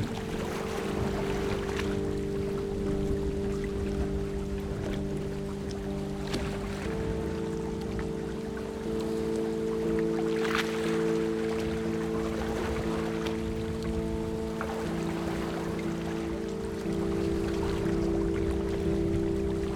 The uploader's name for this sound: Splashing Waves as the Boat Goes By